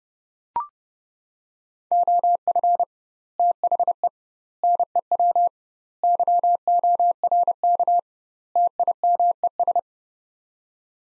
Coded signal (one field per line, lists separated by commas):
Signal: Morse code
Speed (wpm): 30 wpm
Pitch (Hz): 700 Hz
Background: none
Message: OF THE NEW YORK TIMES